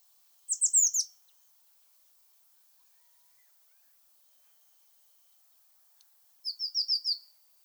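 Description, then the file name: Eurasian blue tit calls: two short bursts of high, rapidly repeated downslurred notes separated by several seconds of quiet. "Cyanistes caeruleus"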